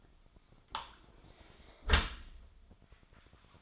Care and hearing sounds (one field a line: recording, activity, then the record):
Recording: daily activity, microphone in the room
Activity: close dishwasher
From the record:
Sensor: 5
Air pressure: 1003.2 hPa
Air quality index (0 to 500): 128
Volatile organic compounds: 1 ppm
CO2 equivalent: 937 ppm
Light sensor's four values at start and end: 67/163/68/75 and 66/160/67/74